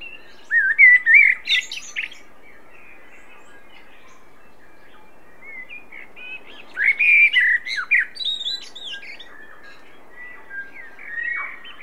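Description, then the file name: Common blackbird song: two phrases several seconds apart, each of low mellow whistles that break into high, scratchy twittering, with a faint shorter phrase to close. "Turdus merula"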